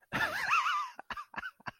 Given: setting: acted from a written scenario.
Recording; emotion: vocal sound without words; amusement